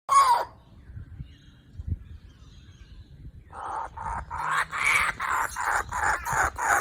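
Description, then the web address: Kookaburra chick calls: one harsh note, a quiet pause of about three seconds, then a building run of rapid raspy squawks. "ptenets kukabary"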